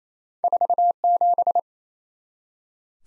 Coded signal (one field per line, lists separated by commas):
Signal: Morse code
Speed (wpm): 28 wpm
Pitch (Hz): 700 Hz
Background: none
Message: 47